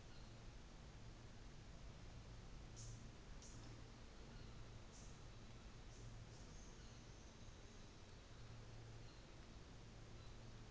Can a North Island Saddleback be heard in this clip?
yes